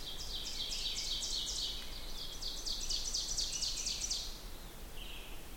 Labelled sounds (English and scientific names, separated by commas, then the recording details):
Ovenbird (Seiurus aurocapilla) song
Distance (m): 45 m
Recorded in boreal forest in Alberta, Canada, on 16 June 2016 at 08:43
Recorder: SongMeter 3, array SBT-3-32
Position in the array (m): 178 m, 34 m
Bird 36